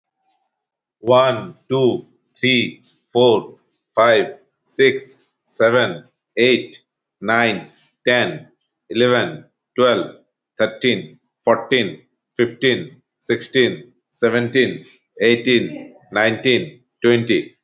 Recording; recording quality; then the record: counting at a normal pace; excellent, no background noise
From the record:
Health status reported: healthy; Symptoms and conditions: none ticked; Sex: male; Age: 45 years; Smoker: not ticked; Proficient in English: yes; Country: India